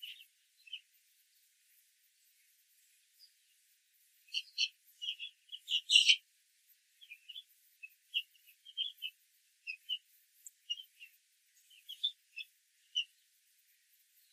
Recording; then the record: young laying hens in a cage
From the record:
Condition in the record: control cage, after the stress test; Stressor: none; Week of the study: 4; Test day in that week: 1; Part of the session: 1